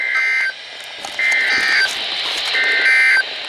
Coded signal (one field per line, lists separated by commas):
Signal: Emergency Alert System (SAME) tones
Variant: end-of-message bursts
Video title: Some Storms (EAS Alerts: #339 - 358) - 3/3/23